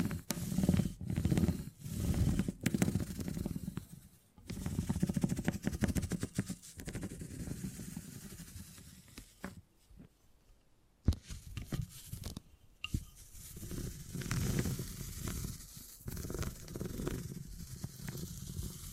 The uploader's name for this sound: Brain Tingly Sounds Using Beeswax